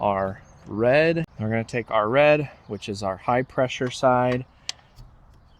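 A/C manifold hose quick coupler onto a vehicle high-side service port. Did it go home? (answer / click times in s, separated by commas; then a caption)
yes / 4.7 s. Someone talks while the red high-pressure hose's quick-connect coupler on an A/C manifold is pushed onto a car's A/C high-side service port. A sharp, short click at 4.7 s marks the coupler snapping on and locking in place, so it is seated and won't come off.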